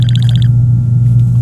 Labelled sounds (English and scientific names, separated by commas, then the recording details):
Domestic Canary (Serinus canaria) song
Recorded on 23 April 2018 at 14:18
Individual llb3